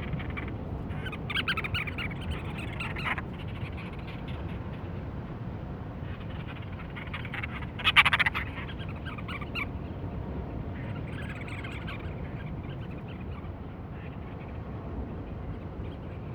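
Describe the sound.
Cape Verde storm petrel calling in scattered pulsed bursts, one loud sharp chatter near eight seconds, with a continuous deep rumble throughout.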